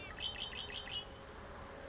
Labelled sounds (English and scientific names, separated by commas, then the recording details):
Red-winged Blackbird (Agelaius phoeniceus)
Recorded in Sonoma County, California